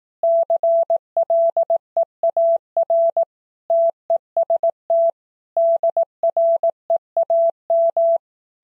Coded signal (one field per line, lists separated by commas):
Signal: Morse code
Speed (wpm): 18 wpm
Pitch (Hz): 670 Hz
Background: none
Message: CLEAR TEST DREAM